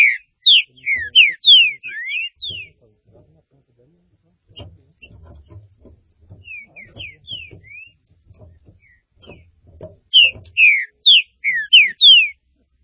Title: Trinca Ferro